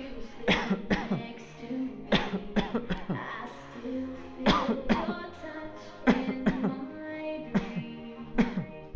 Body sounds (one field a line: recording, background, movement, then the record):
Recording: voluntary coughing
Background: music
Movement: sitting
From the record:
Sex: male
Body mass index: 20.5 kg/m2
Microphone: on the chest, facing outward